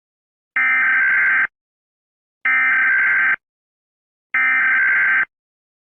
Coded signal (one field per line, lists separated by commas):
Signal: Emergency Alert System (SAME) tones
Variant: header bursts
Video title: 30 New EAS Alarm Requested By @RosalinaTheCute2K